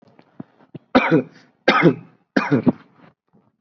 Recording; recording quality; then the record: shallow voluntary cough; excellent, no background noise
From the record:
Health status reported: COVID-19 positive, mild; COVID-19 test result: positive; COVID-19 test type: RT-PCR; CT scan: not taken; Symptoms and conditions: cough, cold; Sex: male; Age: 22 years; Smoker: no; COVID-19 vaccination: one dose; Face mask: worn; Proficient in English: yes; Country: India